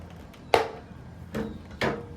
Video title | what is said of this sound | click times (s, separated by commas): Ryobi OLT 1832 Line Trimmer Review: Unboxing, Assembly, Performance, Features, and User Experience | the back part of the safety guard to the trimmer head until the latch clicks into place. | 0.5 s